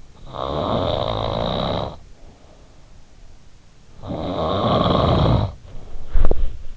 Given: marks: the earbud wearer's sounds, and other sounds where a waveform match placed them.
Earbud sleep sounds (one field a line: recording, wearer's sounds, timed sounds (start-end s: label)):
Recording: sounds in sleep by an in-ear microphone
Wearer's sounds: snoring breath, body movement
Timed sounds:
0.18-3.00 s: snoring breath
3.93-5.98 s: snoring breath
5.65-6.77 s: body movement